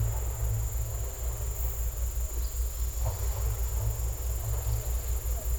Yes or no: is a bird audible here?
no